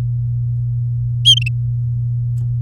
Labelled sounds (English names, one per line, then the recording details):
Domestic Canary song
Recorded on 3 May 2018 at 17:05
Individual llb16